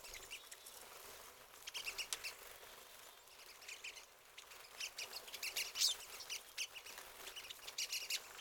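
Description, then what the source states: Pine siskins giving a steady chatter of short, high twittering notes, with a few louder bursts clustered in the second half. Several pine siskins.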